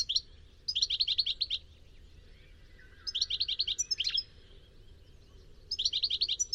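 Bird song: three bursts of fast, regularly repeated high notes, each about a second long, separated by quieter gaps of background.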